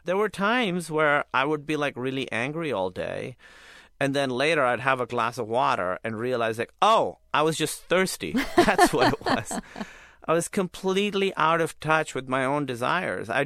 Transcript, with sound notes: There were times where I would be, like, really angry all day. And then, later, I'd have a glass of water and realize, like, oh, I was just thirsty. (Laughter) That's what it was. I was completely out of touch with my own desires.